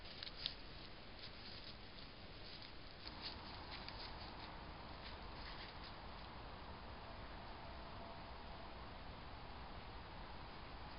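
A stream runs beneath a small footbridge, its steady rush filling the whole clip without pause. A single sharp click sounds near the start, and from about three seconds on the water takes on a brighter, hissier edge that holds to the end.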